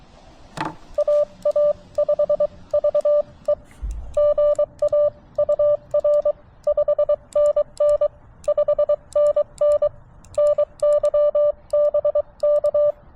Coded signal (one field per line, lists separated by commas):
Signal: Morse code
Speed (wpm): 22 wpm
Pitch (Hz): 590 Hz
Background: none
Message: AA5VE GA UR 5NN 5NN NY BK